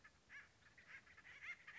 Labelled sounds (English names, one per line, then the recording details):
Acorn Woodpecker
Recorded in Sonoma County, California